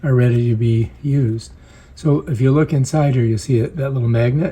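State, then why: Not seated. A small plastic hearing aid is handled at its magnetic charging case while someone talks throughout. Nothing has seated or clicked into the case yet; the hearing aid is not yet home.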